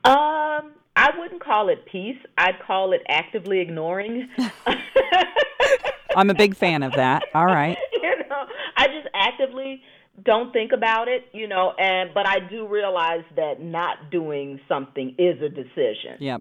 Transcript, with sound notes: Um, I wouldn’t call it peace. I’d call it actively ignoring. [laughter]
I’m a big fan of that. All right.
I just actively don’t think about it, you know, and but I do realize that not doing something is a decision.